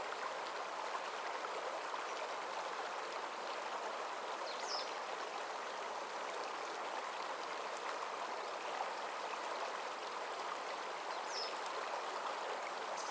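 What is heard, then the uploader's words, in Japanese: A stream murmurs steadily on a summer morning, a dense, even rush of water sitting mostly in the middle and upper range with little low rumble. Its level holds constant throughout. Faint short chirps, likely birds, break through around four and eleven seconds. 夏の朝、野川のせせらぎ。早朝の限られた時間、陽が水面を照らしキラキラしているひととき。都市の間を流れる野川のせせらぎは、自然を身近に感じられる貴重な場所。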